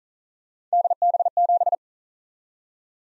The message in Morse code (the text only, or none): DB7